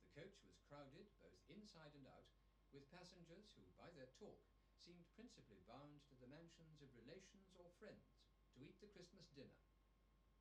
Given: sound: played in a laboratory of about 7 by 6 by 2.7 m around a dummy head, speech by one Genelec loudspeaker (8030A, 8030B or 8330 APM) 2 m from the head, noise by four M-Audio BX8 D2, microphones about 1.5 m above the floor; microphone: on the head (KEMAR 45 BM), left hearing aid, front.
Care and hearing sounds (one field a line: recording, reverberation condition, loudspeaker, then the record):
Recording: male speech in English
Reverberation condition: low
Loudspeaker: 30 degrees to the right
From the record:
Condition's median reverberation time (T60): about 310 ms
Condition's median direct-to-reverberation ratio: about 3.5 dB